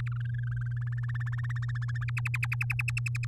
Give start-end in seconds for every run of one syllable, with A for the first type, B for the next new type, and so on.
0.12-1.05 A, 1.08-2.04 B, 2.08-3.25 C